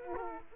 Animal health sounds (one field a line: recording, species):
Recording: mosquito wingbeat signal from an infrared sensor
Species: Aedes aegypti